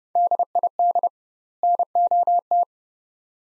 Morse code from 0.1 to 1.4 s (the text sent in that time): DID